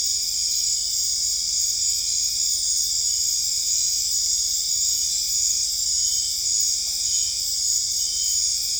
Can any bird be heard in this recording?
no